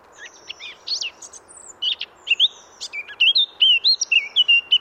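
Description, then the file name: Eurasian blackcap song: a scratchy, rapid twittering start that breaks into loud, clear fluty whistled phrases, rising and falling. "Sylvia atricapilla"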